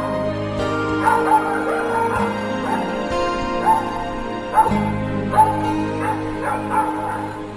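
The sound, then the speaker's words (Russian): A puppy barks over and over in sharp, high yapping bursts, some louder than others, with brief gaps between them and no voices. “— прохрипел бородач, теребя Давида за волосы и прицеливаясь, чтобы ударить щенка, заливавшегося лаем.”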